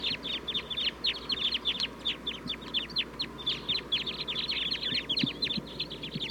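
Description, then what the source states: Red Crossbill calls, many sharp notes from a flock, tumbling in a steady, busy stream. Sitkensis-type birds, wild, calling from a flock up in the trees, with the microphone pointed at the flock.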